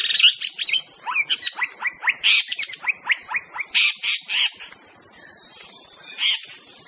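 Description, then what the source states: White-rumped shama singing a quick run of short sweeping whistles and harsh bursts, then a pause and a final burst, over a constant high hiss. Wild bird singing in forest; natural, original song.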